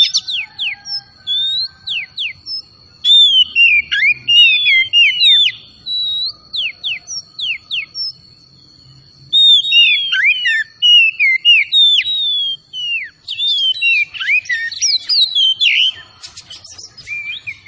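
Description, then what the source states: Oriental magpie-robin song, bursts of sharp descending whistles and warbled phrases separated by short pauses, with a steady high tone in the background. Kacer, singing vigorously (gacor); Tretes named with the bird.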